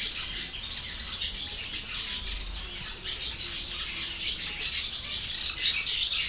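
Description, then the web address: Sand martins chattering in a busy flock, rapid rasping chirps pouring out continuously, some notes briefly louder over the steady twitter. Sand martin in the wild, 2014, at Hortobágy fishponds, Hungary, from the door of a bird-watching hide. "allathangok termeszetben partifecske 2014 madarmegfigyelohazajtajabol hortobagyihalastavak"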